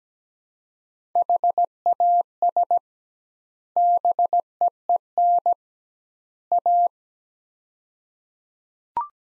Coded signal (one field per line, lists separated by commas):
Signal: Morse code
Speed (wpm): 17 wpm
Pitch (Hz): 700 Hz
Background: none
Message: HAS BEEN A